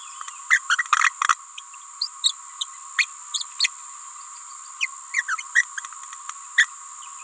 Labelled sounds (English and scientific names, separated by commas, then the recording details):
Green-rumped Parrotlet (Forpus passerinus) babbling
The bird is a female
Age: 28 days
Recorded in a nest box in Venezuela
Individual 17B31A3